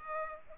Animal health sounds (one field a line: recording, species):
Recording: mosquito wingbeat signal from an infrared sensor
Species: Culex pipiens